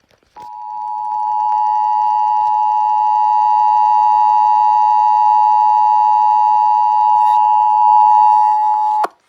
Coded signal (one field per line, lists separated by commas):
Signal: Emergency Alert System (SAME) tones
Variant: 853 and 960 Hz attention tone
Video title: EAS 533 - WTOP relaying a flash flood warning correctly for once